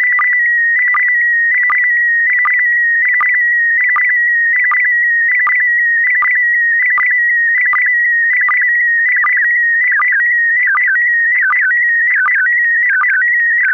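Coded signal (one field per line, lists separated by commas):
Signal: SSTV (slow-scan television)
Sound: steady, slightly wavering high tone with short low chirps about every three-quarter second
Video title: Daily Minutes, 16 december2018 (Nieuws (Engels) + meer dan 10 min. SSTV en data)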